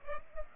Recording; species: mosquito wingbeat signal from an infrared sensor; Culex pipiens